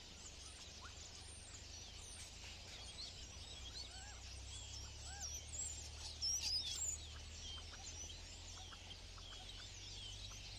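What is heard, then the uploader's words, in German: A starling chatters in a dense mix of whistles, clicks and squeaky rising and falling notes, busiest and loudest between about five and seven seconds. Other birds call softly throughout, over a steady low rumble and a bright hiss. Ein Abend in der Lehmgrube. Nicht so laut, wie sonst, da irgendwann ein Star direkt ins Mikrophon brüllt. Aber echtes AB-Stereo.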